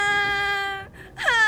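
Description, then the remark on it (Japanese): A child cries out suddenly and loudly, holding a high, piercing wail, breaking off for a moment, then bursting into a second wail whose pitch bends and wavers. “どうしたの？一体この子は。私抜けに大声なんか出して”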